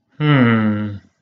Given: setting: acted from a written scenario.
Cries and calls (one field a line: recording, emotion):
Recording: vocal sound without words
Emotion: confusion